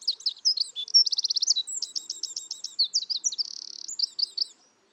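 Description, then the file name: Eurasian wren singing a fast, high-pitched string of trills and clipped notes, with a steady buzzing trill near the end before a brief final flourish. "Troglodytes troglodytes"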